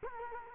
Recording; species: mosquito wingbeat signal from an infrared sensor; Culex quinquefasciatus